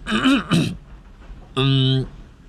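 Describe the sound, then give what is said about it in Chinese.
A male voice imitates clearing his throat: two quick, rough voiced bursts, a short pause, then one longer, steady hummed tone, all fairly loud with no other sounds. “他清了清嗓子。”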